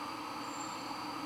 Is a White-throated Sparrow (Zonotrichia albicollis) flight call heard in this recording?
no